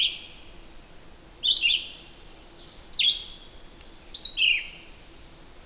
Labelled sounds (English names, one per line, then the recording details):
Red-eyed Vireo song
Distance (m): 10 m
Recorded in boreal forest in Alberta, Canada, on 8 June 2016 at 07:57
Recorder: SongMeter 3, array SBT-3-9
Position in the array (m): 12 m, 115 m